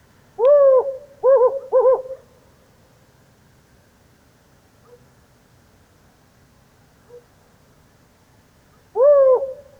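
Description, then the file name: Hume's owl compound hooting, a quick phrase of several hoots, then silence and the phrase starting again at the end. Male giving compound hooting during a lunar eclipse. "Humes Owl Compound Hooting Of Male During Lunar Eclipse"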